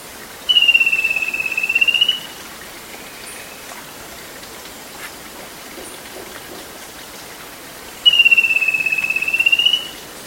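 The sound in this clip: Bird call: two drawn-out, even, trilling whistles at a high pitch, each about one and a half seconds long and several seconds apart, over a soft steady hiss.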